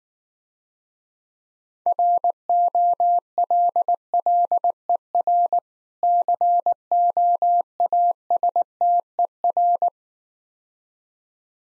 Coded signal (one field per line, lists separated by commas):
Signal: Morse code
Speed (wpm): 19 wpm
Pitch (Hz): 700 Hz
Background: none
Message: ROLLER COASTER